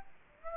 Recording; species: mosquito wingbeat signal from an infrared sensor; Aedes aegypti